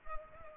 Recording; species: mosquito wingbeat signal from an infrared sensor; Culex pipiens